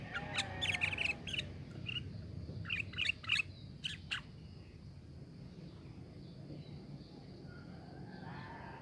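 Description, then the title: Sooty-headed bulbul chirping: a busy run of quick bright notes and short phrases over steady hissing background noise, fading out halfway through. "Kutilang"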